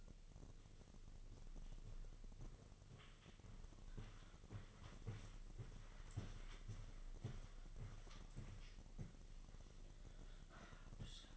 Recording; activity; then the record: daily activity, microphone in the room; walk to room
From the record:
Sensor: 4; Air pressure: 1000.3 hPa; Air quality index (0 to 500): 209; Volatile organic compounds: 20 ppm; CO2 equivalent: 2700 ppm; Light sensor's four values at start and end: 9/21/8/8 and 9/20/8/7